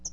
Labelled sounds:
Hooded Warbler (Setophaga citrina) flight call

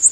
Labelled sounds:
Prothonotary Warbler (Protonotaria citrea) flight call

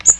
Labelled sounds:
Magnolia Warbler (Setophaga magnolia) flight call

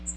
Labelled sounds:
Magnolia Warbler (Setophaga magnolia) flight call

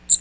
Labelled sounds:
Magnolia Warbler (Setophaga magnolia) flight call

